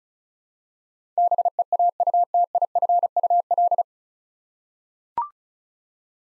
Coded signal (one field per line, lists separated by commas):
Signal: Morse code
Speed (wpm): 36 wpm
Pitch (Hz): 700 Hz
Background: none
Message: BEAUTIFUL